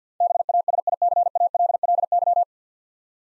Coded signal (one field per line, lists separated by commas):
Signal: Morse code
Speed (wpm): 53 wpm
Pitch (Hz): 700 Hz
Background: none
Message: BASICALLY